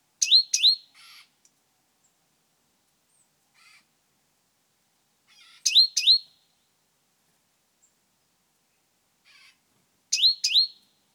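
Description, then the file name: Great tit calls: paired high sharp notes with rising whistled hooks, repeated three times about every five seconds, with faint soft ticks between. "Parus major"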